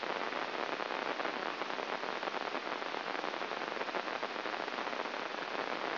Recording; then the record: brain microelectrode recording played as sound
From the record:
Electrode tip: inside the subthalamic nucleus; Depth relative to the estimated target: 2 mm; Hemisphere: left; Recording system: AlphaMap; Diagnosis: Parkinson's disease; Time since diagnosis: 12 years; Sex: male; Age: 57 years